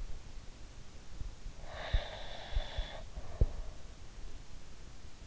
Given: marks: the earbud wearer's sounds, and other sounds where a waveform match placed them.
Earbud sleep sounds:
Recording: sounds in sleep by an in-ear microphone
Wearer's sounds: breath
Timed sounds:
1.81-3.60 s: breath

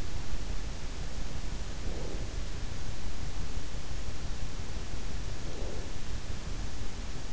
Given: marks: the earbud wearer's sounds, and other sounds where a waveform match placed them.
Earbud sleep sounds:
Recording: sounds in sleep by an in-ear microphone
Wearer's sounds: breath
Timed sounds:
1.45-2.64 s: breath
5.01-6.16 s: breath

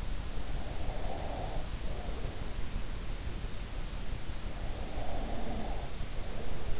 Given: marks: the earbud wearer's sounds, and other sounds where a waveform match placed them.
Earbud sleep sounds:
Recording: sounds in sleep by an in-ear microphone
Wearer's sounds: breath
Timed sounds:
0.73-2.66 s: breath
5.06-6.80 s: breath

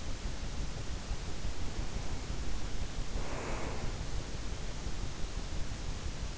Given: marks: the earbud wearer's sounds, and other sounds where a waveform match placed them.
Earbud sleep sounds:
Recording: sounds in sleep by an in-ear microphone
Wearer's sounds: breath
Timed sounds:
1.29-4.34 s: breath

